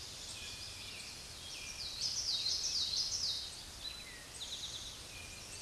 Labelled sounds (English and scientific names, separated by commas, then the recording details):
Common Yellowthroat (Geothlypis trichas) song
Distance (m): 15 m
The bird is about level with the microphone
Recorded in a Pennsylvania forest on 16 May 2024 at 06:38
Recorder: AudioMoth, point MSD-2349
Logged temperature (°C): 15.8 °C
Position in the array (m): 46 m, 44 m